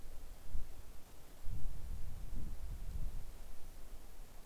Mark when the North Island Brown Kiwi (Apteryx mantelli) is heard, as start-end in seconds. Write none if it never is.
none